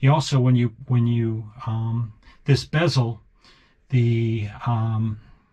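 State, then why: Not seated. Someone talks while handling the plastic bezel of a recessed toilet paper holder, about to press it into its housing in the wall of a 2015 Tab Max-S trailer. Nothing has seated or clicked yet; the bezel is not yet home when the clip ends.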